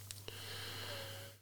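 A single drawn-out breath of about one second from an adult, after two brief clicks, carrying a thin, steady whistling tone with a higher whistle above it. This is a bad wheeze, airflow through narrowed airways, affecting the lungs and chest and linked to quitting cigarettes and being ill. A low electrical hum runs underneath.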